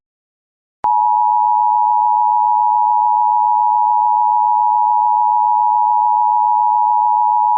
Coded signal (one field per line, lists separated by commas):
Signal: Emergency Alert System (SAME) tones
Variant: 853 and 960 Hz attention tone